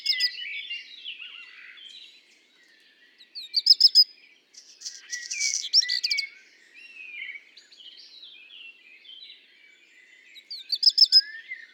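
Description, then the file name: Black redstart song: short high phrases with dry, crackling bursts, heard several times, with a common blackbird's fluty, warbling song running underneath. Singing alongside common blackbird song; recorded at Le Puech on 5 June 2021. "chant de rougequeue noir de merle noir Le Puech"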